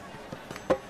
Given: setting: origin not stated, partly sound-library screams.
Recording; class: one-second piece from a danger detection set; normal situation